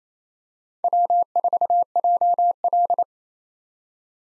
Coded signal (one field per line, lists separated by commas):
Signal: Morse code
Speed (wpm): 28 wpm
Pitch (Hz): 700 Hz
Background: none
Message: W4JL